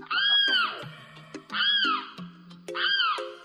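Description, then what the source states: Limpkin giving three loud, piercing screams that rise then fall. Call described as a piercing scream.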